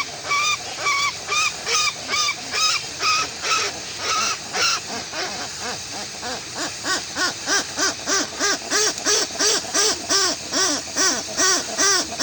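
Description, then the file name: Westland petrel song: repeated harsh, braying notes in a rhythmic run of roughly two or three a second, becoming quicker and more clipped later on. "westland black petrel song"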